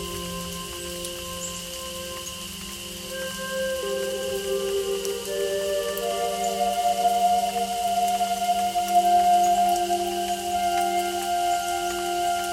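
Native American flute with nature sounds: long, held tones stack into a slow, layered drone over a softly pulsing low note. New sustained notes enter around three and six seconds as it grows a little fuller, with a steady rain-like patter underneath.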